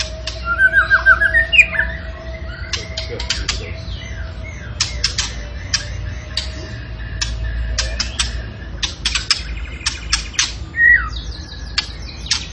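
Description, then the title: Tembakan bird song, a busy mix of clicks, chirps and short whistled trills, with a steady low hum running through the background. Training recording for cage birds; the bird is described as gacor, singing vigorously. "Masteran Burung Tembakan Gacor"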